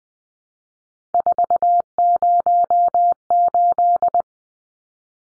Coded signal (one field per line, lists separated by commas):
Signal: Morse code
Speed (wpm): 20 wpm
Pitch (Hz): 700 Hz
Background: none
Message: 408